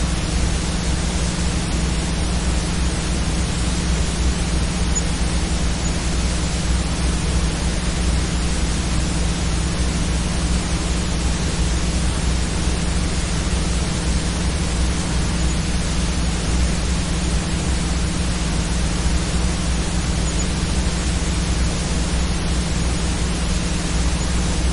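Blank cassette tape plays with a constant, dense hiss that stays even from start to finish. Beneath it sits a low, steady hum with a few fixed buzzing tones. Nothing changes or stands out across the whole stretch.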